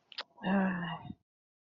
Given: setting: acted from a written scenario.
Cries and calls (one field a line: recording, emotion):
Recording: vocal sound without words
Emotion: anger